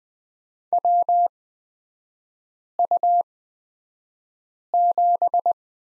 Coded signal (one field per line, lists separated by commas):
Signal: Morse code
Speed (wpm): 20 wpm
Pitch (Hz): 700 Hz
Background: none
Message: WU7